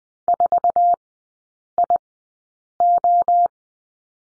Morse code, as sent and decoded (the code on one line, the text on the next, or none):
....- .. ---
4IO